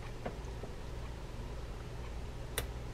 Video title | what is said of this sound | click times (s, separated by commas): Abu Ambassadeur 4601 C3 left handed round baitcasting fishing reel how to service | just there you may have heard it on the piece but if you turn it that way and here threads click then you can | 2.6 s